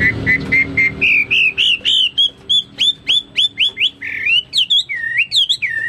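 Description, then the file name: Chinese hwamei song, steady repeated whistles rising in pitch, then sharp clipped notes and looping slurred phrases, several per second. "omkicau hwamei"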